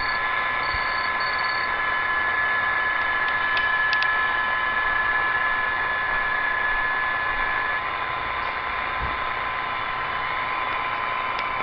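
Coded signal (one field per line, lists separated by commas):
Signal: PSK31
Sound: steady warbling tones at several pitches buried in loud hiss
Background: radio static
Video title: Grundig G5: Psk31 on the Fly via Digipan @ 14.070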